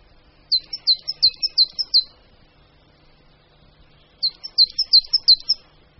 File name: Sýkora-uhelníček